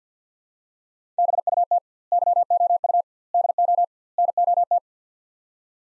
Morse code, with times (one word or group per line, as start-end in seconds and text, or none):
1.2-1.8 BUT
2.1-3.0 YOU
3.3-3.8 DO
4.2-4.8 NOT